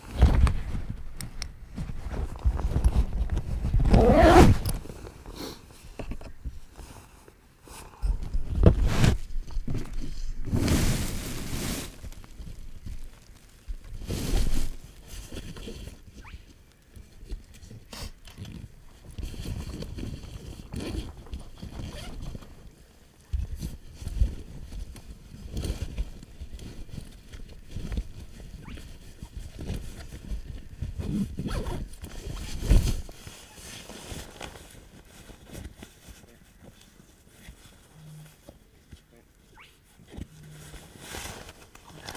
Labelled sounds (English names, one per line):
Spotted Crake